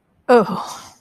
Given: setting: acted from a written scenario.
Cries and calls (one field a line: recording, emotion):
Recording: vocal sound without words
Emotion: shame